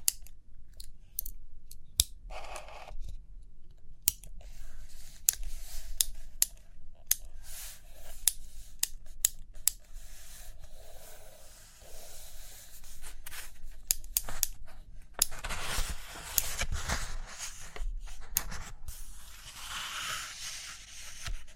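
Paper handling and writing: sharp, scattered taps and clicks through the first half, with soft scratchy strokes between them. Around fifteen seconds a denser, brighter rustling begins, like pages being turned and rubbed, continuing with short pauses to the end.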